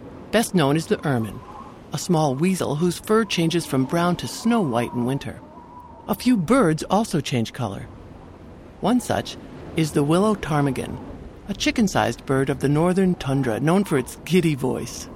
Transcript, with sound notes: Best known is the ermine, a small weasel whose fur changes from brown to snow-white in winter. [A winter wind] A few birds also change color. One such is the Willow Ptarmigan, a chicken-sized bird of the northern tundra known for its giddy voice.